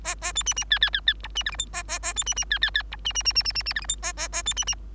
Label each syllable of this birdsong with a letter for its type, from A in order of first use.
A A B C C D D D D E C F G H A A A B C C D D D E C C C C C C C F G H A A A B C C